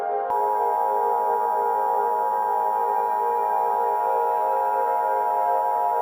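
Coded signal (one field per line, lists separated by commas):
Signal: Emergency Alert System (SAME) tones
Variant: 853 and 960 Hz attention tone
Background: music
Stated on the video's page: Fictional EAS scenario.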